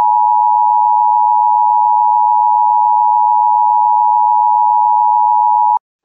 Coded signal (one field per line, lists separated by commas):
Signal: Emergency Alert System (SAME) tones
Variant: 853 and 960 Hz attention tone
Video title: EAS Child Abduction Emergency (AMBER Alert) Escambia County, Florida Statewide Alert